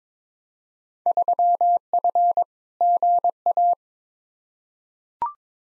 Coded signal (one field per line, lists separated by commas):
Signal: Morse code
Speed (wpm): 22 wpm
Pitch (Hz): 700 Hz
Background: none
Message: 3F GA